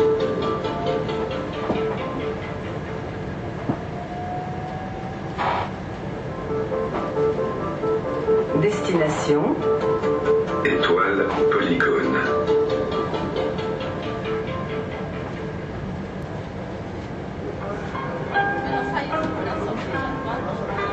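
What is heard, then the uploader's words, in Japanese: Inside a train car, an arrival announcement plays with a short melody as steady tones ring out over the constant low rumble of the carriage. Voices and clatter come and go, with brief clanks around five and nine seconds and busier moments near twelve. ストラスブールのトラム（メロディが秀逸）。フランス訪問の際に収録したトラムのチャイム。ストラスブールのトラムでは、到着の車内放送でメロディが流れるのですが、そのバリエーションが豊富でしかもセンスのいいものとなっています。いろいろなメロディをつなげてみました。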